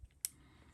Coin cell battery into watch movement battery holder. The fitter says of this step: there it is they felt a little click